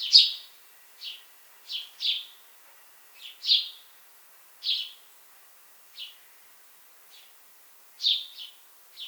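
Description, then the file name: House sparrow chirps, loud notes and pairs spaced about a second apart, irregular in timing. "Passer domesticus"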